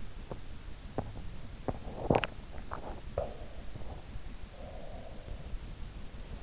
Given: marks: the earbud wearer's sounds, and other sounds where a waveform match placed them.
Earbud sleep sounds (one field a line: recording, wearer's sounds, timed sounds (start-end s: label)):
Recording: sounds in sleep by an in-ear microphone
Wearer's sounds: teeth grinding, swallowing, breath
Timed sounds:
0.00-1.92 s: teeth grinding
1.92-3.99 s: swallowing
4.51-5.71 s: breath